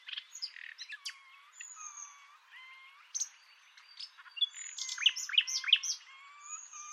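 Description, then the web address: Birds twittering: scattered whistles and chirps from several birds, with a louder run of three sharp downslurred notes near the end. "Deverinetal 2025 File origin Bird Only"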